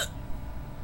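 A single abrupt, sharp gulping burst at the start, then low background rumble: one hiccup from an adult, at night.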